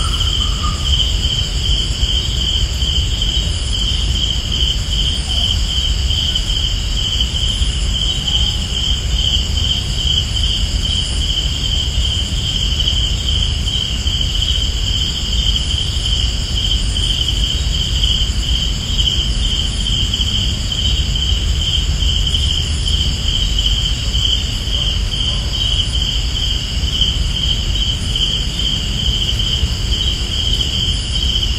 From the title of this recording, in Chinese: Bang Khun Thian，曼谷，泰国